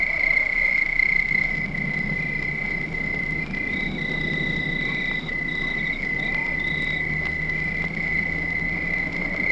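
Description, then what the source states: Crickets keep up a constant high trill, with short broken bursts higher up through the middle. Crickets recorded at night.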